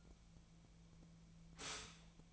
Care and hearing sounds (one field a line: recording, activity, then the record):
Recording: daily activity, microphone in the room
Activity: stop toaster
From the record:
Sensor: 1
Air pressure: 1009.2 hPa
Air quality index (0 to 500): 195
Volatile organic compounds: 19 ppm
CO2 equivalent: 2665 ppm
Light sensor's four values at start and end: 27/70/29/35 and 27/70/29/35